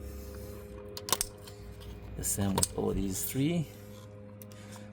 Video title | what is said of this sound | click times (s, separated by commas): 2016 NISSAN MURANO SPARK PLUG REPLACEMENT | plug in your connector until it clicks | 1.1 s, 1.2 s